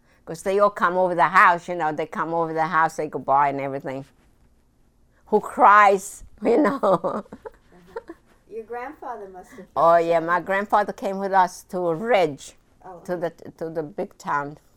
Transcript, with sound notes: Because they all come over the house, you know, they come over the house, say goodbye and everything. Who cries, you know. ( she laughs )
Your grandfather must have cried.
Oh, yeah. My grandfather came with us to Regg, to the big town.